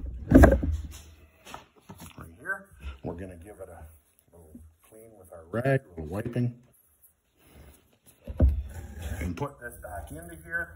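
The oil fill plug from the engine fill port of a Segway Snarler UTV is wiped clean with a rag and then put back and twisted home. Someone talks over soft handling noises, with brief knocks near 0.4 s and 8.4 s. Nothing has seated or clicked yet.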